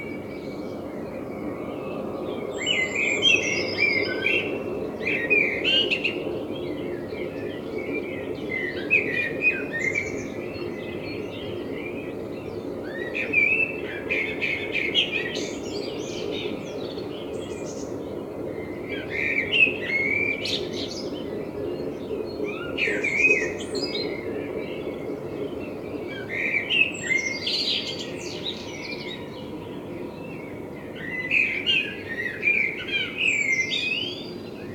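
A blackbird sings in repeated phrases of fluting, warbling notes with sharp high flourishes, each phrase lasting a couple of seconds and returning every few seconds throughout. Beneath the song runs a steady, low rushing hum that never lets up.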